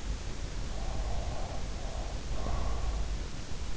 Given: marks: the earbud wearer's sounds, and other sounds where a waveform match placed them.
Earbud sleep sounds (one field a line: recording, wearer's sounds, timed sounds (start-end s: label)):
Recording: sounds in sleep by an in-ear microphone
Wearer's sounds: breath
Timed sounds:
0.76-3.42 s: breath